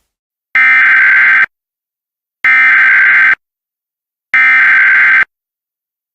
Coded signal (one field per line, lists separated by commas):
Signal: Emergency Alert System (SAME) tones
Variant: header bursts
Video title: Creepy EAS Alerts